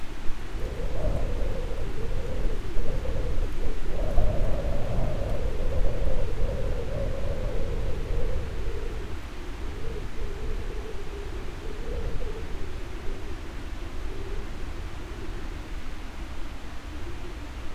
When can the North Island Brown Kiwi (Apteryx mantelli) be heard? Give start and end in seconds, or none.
none